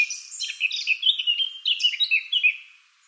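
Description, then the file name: Eurasian blackcap song, a continuous rich, slurred warble of tumbling notes that fades out at the end. "Sylvia atricapilla"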